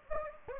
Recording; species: mosquito wingbeat signal from an infrared sensor; Anopheles gambiae